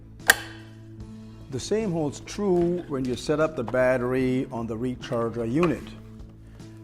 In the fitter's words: just simply set it up on the guides and push it in until you hear the audible click